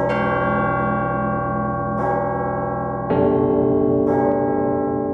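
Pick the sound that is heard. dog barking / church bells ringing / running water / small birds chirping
church bells ringing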